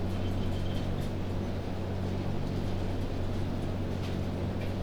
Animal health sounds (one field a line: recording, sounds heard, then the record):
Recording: poultry house recording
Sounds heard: healthy chickens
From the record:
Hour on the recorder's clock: 21